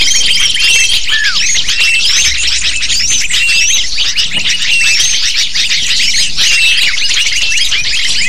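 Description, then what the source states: Many lovebirds chirping together, rapid shrill twitters packed tightly, thin sustained whistles near the start and a falling squeal early on. Lure call to attract lovebirds.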